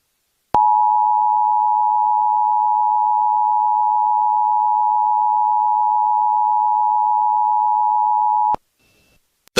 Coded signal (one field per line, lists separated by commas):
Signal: Emergency Alert System (SAME) tones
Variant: 853 and 960 Hz attention tone